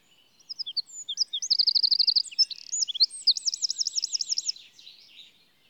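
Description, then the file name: Eurasian wren song: explosive, high-pitched phrase of quick notes and two fast trills, the second rippling, then a quieter buzzy tail. "Troglodytes troglodytes"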